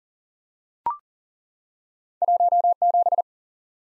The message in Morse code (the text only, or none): 1 7